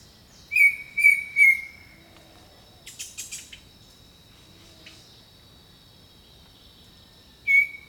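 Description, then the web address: Bird song of three steady whistles, then a short burst of harsh chattering calls, a long lull with only insect drone, and one final whistle. Jungle birdsong. "The Natural Sounds of the Wilderness 10 CDs collection Echoes of Nature - Jungle Talk 01 Jungle Birdsong"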